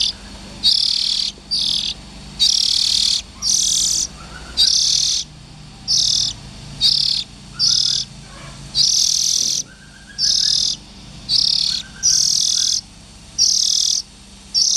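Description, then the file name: Oriental magpie-robin young birds giving a long series of harsh rasping hisses, some short and some drawn out, with faint whistled notes underneath. "Tieng chim chich choe than non"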